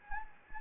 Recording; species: mosquito wingbeat signal from an infrared sensor; Anopheles gambiae